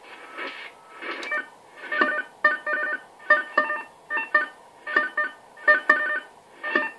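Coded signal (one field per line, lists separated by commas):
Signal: modem data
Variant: AMIS powerline smart meter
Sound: rapid chirpy bursts of buzzing multi-tone data, about two per second, over hiss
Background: radio static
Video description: AMIS Signal der Energie-AG Oberösterreich im Langwellenbereich stören unter anderem den DCF-77 Zeitzeichenempfang sehr stark!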